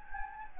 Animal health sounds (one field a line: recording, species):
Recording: mosquito wingbeat signal from an infrared sensor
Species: Anopheles gambiae